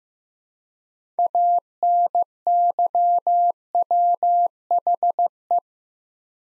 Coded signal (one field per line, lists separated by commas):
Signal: Morse code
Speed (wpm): 15 wpm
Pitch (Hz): 700 Hz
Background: none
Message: ANYWHE